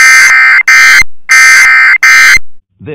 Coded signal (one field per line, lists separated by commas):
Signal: Emergency Alert System (SAME) tones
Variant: end-of-message bursts